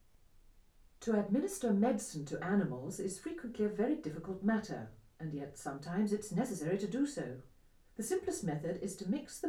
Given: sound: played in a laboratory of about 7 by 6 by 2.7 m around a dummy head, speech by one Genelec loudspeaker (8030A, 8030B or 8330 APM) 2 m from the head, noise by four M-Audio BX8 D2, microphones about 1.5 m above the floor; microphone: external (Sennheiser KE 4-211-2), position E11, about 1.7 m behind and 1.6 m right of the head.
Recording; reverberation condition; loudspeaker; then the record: female speech in English; low; 150 degrees to the left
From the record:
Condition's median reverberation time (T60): about 310 ms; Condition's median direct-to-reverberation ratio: about 3.5 dB